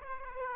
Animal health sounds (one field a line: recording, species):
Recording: mosquito wingbeat signal from an infrared sensor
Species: Aedes aegypti